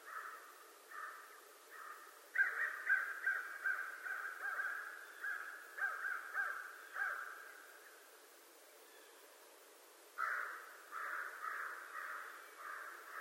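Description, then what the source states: American crow giving harsh caws in uneven bursts, a loud series after two seconds, a pause, then another burst of rapid caws. Recorded 25 November 2011.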